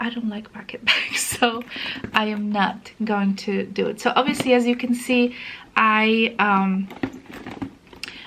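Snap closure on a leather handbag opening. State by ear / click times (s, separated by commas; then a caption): seated / 8.0 s. Someone talks, then the strong magnetic/press snap closure on the opening of a Tory Burch McGraw leather hobo handbag is pressed shut. After a few soft handling sounds, it snaps into place with a sharp click at 8.0 s.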